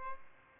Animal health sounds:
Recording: mosquito wingbeat signal from an infrared sensor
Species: Aedes albopictus

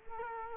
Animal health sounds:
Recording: mosquito wingbeat signal from an infrared sensor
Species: Culex quinquefasciatus

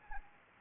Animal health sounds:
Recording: mosquito wingbeat signal from an infrared sensor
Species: Anopheles arabiensis

